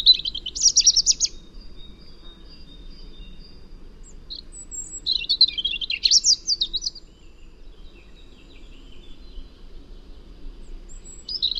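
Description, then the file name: European robin singing high, varied, tinkling phrases with rapid warbled notes and thin whistles, pausing several seconds between bursts, over a steady low rumble. "Erithacus rubecula"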